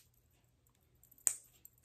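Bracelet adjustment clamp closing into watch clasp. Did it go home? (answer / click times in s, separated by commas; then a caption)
yes / 1.3 s. After the steel bracelet of a Benson by Marcel Watch Cardinal Pink Rose is resized, the small adjustment clamp on the clasp is pressed back down and clicks shut with a sharp, bright snap at 1.3 s. A much fainter tick follows at 1.7 s over quiet background, and the clamp is seated.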